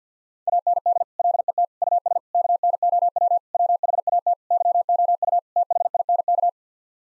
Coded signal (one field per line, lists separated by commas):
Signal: Morse code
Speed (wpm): 50 wpm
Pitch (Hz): 700 Hz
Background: none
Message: AND LET US KNOW WHAT YOU THINK